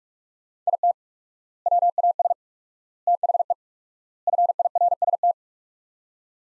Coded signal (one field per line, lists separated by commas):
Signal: Morse code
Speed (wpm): 41 wpm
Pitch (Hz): 700 Hz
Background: none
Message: IT WAS THE FIRST